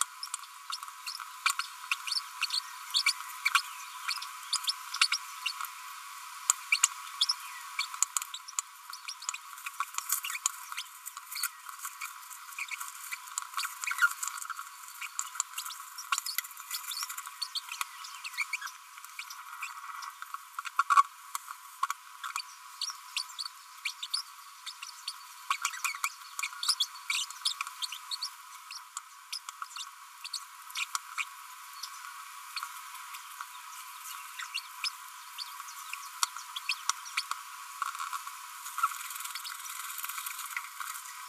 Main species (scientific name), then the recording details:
Forpus passerinus. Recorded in a nest box in Venezuela. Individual 18B25A4